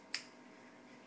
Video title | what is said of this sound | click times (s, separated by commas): How to upgrade Team Associated SC10 4x4 front and rear hub bearings | all those pieces and insert it back into our Hub you should then hear another another snap | 0.1 s